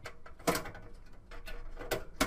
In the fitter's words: give it a push in each corner and along the edges and you hear it snap into place